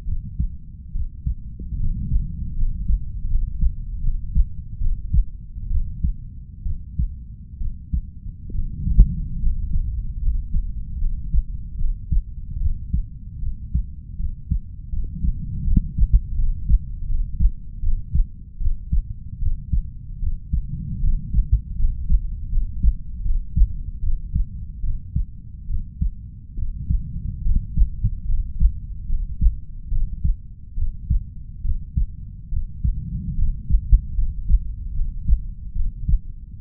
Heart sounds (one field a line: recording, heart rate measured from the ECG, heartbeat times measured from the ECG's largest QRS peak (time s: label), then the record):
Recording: heart sounds by stethoscope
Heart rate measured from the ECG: 74 bpm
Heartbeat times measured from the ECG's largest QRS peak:
0.05 s: heartbeat
0.92 s: heartbeat
1.77 s: heartbeat
2.55 s: heartbeat
3.27 s: heartbeat
4.00 s: heartbeat
4.78 s: heartbeat
5.68 s: heartbeat
6.63 s: heartbeat
7.58 s: heartbeat
8.52 s: heartbeat
9.39 s: heartbeat
10.20 s: heartbeat
10.98 s: heartbeat
11.76 s: heartbeat
12.58 s: heartbeat
13.39 s: heartbeat
14.16 s: heartbeat
14.90 s: heartbeat
15.64 s: heartbeat
16.35 s: heartbeat
17.06 s: heartbeat
17.80 s: heartbeat
18.58 s: heartbeat
19.39 s: heartbeat
20.19 s: heartbeat
21.00 s: heartbeat
21.76 s: heartbeat
22.49 s: heartbeat
23.22 s: heartbeat
24.00 s: heartbeat
24.80 s: heartbeat
25.66 s: heartbeat
26.55 s: heartbeat
27.42 s: heartbeat
28.25 s: heartbeat
29.06 s: heartbeat
29.89 s: heartbeat
30.74 s: heartbeat
31.61 s: heartbeat
32.49 s: heartbeat
33.35 s: heartbeat
34.15 s: heartbeat
34.93 s: heartbeat
35.72 s: heartbeat
36.58 s: heartbeat
From the record:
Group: healthy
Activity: rest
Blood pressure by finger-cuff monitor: 116/61 mmHg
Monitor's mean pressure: 75 mmHg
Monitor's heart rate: 74 bpm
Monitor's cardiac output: 5.9 L/min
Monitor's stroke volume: 81 mL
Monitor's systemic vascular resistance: 880 dyn s/cm5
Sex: female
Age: 32 years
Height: 168 cm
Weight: 61.9 kg